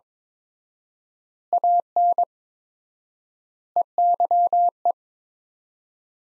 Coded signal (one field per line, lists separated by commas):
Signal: Morse code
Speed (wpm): 22 wpm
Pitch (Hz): 700 Hz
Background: none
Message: AN EYE